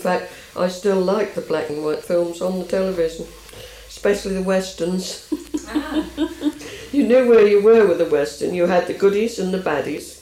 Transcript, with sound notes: In fact, I still like the black-and-white films on the television. Specially the westerns. [chuckles]
Ah!
You knew where you were with the western. You had the goodies and the baddies.